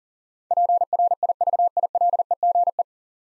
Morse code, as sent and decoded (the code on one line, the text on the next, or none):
.--. .-. .. ...- .. .-.. . --. .
PRIVILEGE